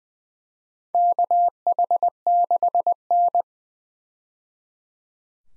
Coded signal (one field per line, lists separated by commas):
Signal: Morse code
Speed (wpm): 20 wpm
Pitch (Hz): 700 Hz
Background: none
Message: KH6N